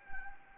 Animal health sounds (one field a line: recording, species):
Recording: mosquito wingbeat signal from an infrared sensor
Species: Anopheles gambiae